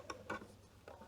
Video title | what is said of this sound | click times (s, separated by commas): Ремонт Бокового Зеркала Subaru Своими руками/Цвет Моторного Масла на 4.000 км./Встреча с Подписчиком | click, there it is, and | 0.3 s